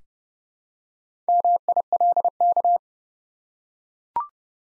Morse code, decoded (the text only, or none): MILK